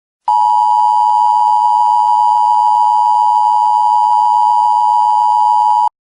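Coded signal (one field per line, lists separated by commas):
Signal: Emergency Alert System (SAME) tones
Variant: 853 and 960 Hz attention tone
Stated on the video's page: Fictional weather-based mock EAS scenario about a hurricane.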